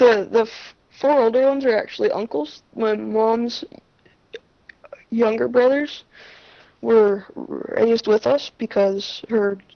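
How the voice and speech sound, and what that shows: Adult woman speaking with stuttering: repeated and prolonged sounds and long silent pauses between words.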